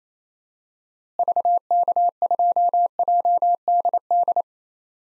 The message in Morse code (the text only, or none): VK2JDD